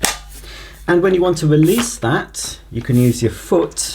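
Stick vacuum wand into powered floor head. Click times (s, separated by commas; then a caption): 0.0 s. A plastic wand of a Shark Apex UpLight corded stick vacuum (HZ400UKT) is pushed down onto the socket of the powered DuoClean floor head so its two pins connect. It gives a sharp click at 0.1 s as it seats and locks into position, then someone talks.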